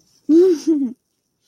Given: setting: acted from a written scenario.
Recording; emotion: vocal sound without words; triumph